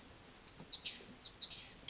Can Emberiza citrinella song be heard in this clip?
no